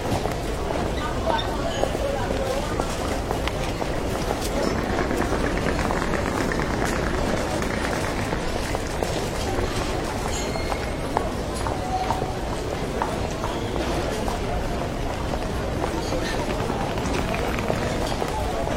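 Ambience of an airport departure lounge, a steady dense murmur of many voices talking at once. Footsteps and small clicks and knocks poke out now and then over the even crowd noise, with no pauses or big changes throughout.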